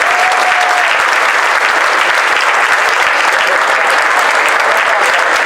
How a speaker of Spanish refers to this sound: Un fuerte aplauso para mí.